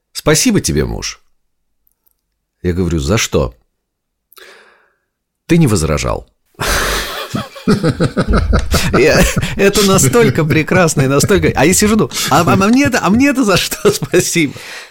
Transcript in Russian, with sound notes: «Спасибо тебе, муж». Я говорю: «За что?» — «Ты не возражал». (Смеются.) Это настолько прекрасно... А я сижу и думаю: а мне-то за что спасибо?